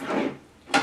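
The locking clamps of a centrifugal juicer are pressed down over the lid onto the base, with soft rubbing and handling noise at the start before a quiet stretch. A single sharp snap sounds at 0.7 s as a clamp closes and seats, which engages the juicer's safety switch.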